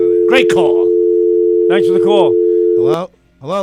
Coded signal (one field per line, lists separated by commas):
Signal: telephone call progress tone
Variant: North America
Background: speech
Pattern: dial tone